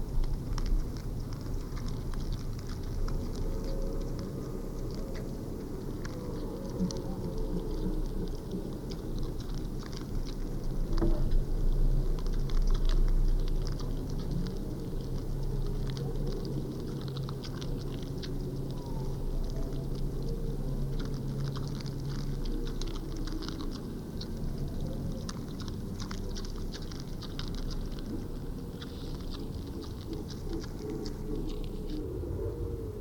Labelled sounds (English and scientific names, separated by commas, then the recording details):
Wild Boar (Sus scrofa) call
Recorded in the wild
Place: Schorfheide, Brandenburg, DE
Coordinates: 52.907, 13.531
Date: 1989-07-09 20:30
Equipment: Nagra III BH, Sennheiser MD 21, parabola
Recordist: Schubert, Michael